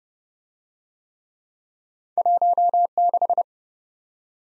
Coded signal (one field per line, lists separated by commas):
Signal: Morse code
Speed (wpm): 28 wpm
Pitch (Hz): 700 Hz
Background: none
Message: 16